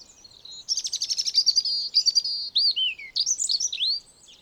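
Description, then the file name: European robin song: a thin, high phrase opening with rapid trilled notes, then sweeping slurred whistles rising and falling, lasting about three seconds. "Erithacus rubecula"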